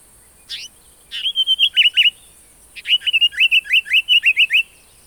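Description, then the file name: African paradise flycatcher gives a sharp single note, a buzzy phrase with twangy dips, then a rapid run of about a dozen scratchy repeated notes. "African Paradise Flycatcher (Terpsiphone viridis)"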